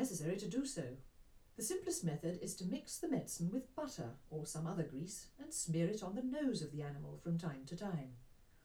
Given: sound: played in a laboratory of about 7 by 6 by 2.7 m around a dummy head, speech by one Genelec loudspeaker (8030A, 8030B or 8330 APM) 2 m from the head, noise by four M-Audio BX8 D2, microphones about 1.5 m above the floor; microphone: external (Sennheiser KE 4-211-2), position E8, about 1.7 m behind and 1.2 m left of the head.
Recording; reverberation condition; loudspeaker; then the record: female speech in English; low; 30 degrees to the right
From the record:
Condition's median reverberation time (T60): about 310 ms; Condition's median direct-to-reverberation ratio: about 3.5 dB